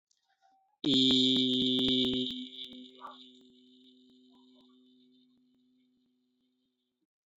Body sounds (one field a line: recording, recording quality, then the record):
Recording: sustained vowel as in beet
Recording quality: excellent, no background noise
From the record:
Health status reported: respiratory illness, not identified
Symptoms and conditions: breathing difficulty, asthma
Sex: male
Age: 18 years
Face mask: not worn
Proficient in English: no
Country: India